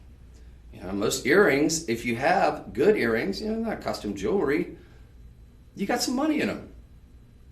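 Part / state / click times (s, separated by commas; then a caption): earring leverback closing into its catch / not seated / none. A man talks while the hinged leverback of a gold earring is handled, not yet closed into its catch. Only his voice is heard, and the clip ends before the leverback snaps shut, so nothing has seated or clicked yet.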